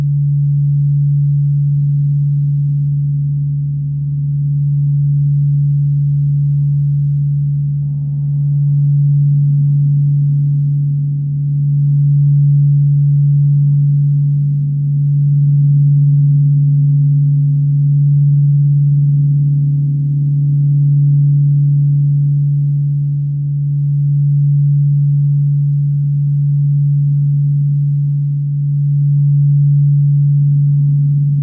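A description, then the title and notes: A crystal singing bowl sustains one steady, low, pure tone for the whole stretch, its loudness swelling and easing gently in slow waves. Sound Bath with Moses Love at Tropical Yoga in Miami Beach, Florida.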